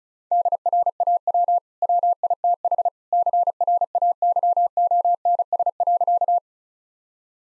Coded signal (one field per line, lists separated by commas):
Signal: Morse code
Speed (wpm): 34 wpm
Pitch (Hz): 700 Hz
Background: none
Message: DRAW WITH CRAYONS.